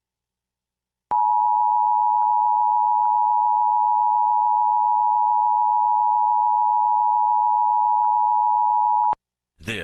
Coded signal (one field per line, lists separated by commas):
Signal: Emergency Alert System (SAME) tones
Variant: 853 and 960 Hz attention tone